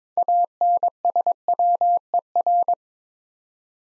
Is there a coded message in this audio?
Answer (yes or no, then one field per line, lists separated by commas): yes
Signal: Morse code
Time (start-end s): 0.2-2.7 s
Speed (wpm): 22 wpm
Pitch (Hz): 700 Hz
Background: none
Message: ANSWER